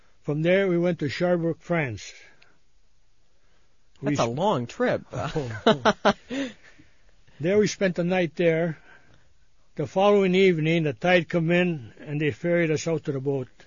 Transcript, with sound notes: From there we went to Cherbourg, France.
That's a long trip. ( they laugh )
There we spent a night there. The following evening the tide come in and they ferried us out to the boat.